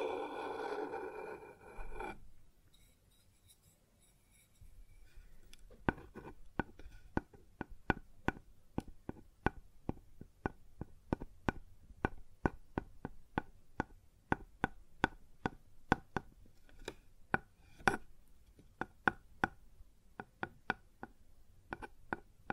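Sounds on a wooden surface: after a brief rustling, muffled scrape in the first two seconds and a short quiet pause, sharp taps and knocks begin around five seconds. They come fast and irregular, several per second, some louder than others, continuing to the end.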